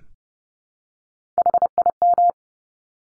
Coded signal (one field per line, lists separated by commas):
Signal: Morse code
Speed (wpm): 30 wpm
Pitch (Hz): 700 Hz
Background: none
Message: HIM